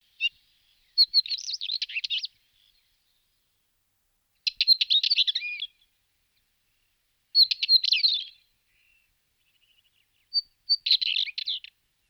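Northern wheatear song: short scratchy, crackling phrases of about a second, repeated roughly every three seconds with silence between.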